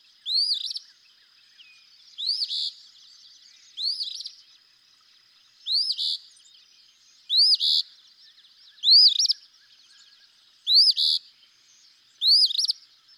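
Eastern phoebe repeating its song eight times, each a thin upswept note running into a buzzy burst, delivered at a steady pace about every one and a half to two seconds.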